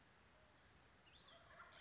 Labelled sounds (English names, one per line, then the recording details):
Oak Titmouse
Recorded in Sonoma County, California